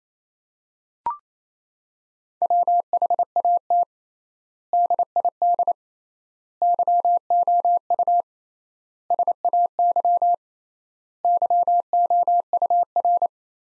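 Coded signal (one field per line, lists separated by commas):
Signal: Morse code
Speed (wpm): 28 wpm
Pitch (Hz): 700 Hz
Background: none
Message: WHAT DID YOU SAY YOUR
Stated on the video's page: Morse practice sentences at 28 wpm with 3x standard word spacing, a word-based Farnsworth-like method.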